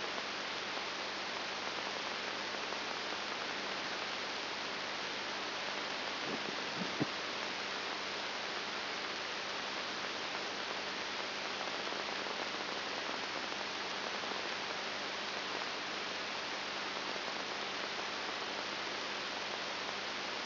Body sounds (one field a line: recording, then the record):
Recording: brain microelectrode recording played as sound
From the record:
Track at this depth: inside the subthalamic nucleus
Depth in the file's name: 5.901 mm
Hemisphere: left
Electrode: 3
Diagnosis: Parkinson's disease